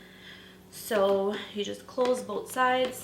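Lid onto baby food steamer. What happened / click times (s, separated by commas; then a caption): Handled, no seating click yet / none. Someone talks while handling the lids on both sides of a Beaba BabyCook baby food steamer, getting ready to close them. No click is heard, and nothing has seated or clicked yet when the clip ends.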